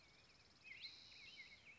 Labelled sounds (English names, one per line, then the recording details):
Spotted Towhee
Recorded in Sonoma County, California